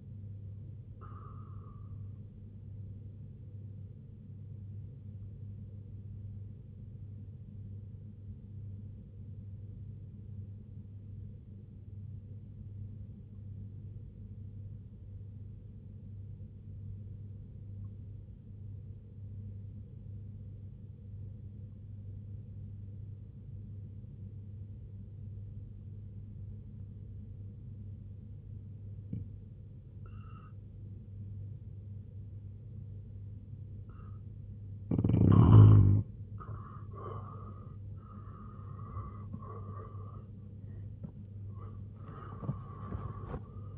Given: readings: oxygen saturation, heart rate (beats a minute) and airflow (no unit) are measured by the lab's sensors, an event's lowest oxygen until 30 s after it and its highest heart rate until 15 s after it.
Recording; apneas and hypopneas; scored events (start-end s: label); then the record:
breathing in sleep by a smartphone at the bedside; 1
8.00-36.50 s: obstructive apnea (N2, oxygen 95% highest, then 82% lowest, heart rate 65 at the start, 97 highest)
31.00-43.78 s: new sleep stage, N1 (lightest sleep)
From the record:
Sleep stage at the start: N2 (light sleep); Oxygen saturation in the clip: 84 to 95%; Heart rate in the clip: 63 to 96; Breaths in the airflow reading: 3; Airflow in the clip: -4.8 to 7.1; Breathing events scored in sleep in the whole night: 258 in 7.4 hours asleep